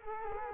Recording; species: mosquito wingbeat signal from an infrared sensor; Culex quinquefasciatus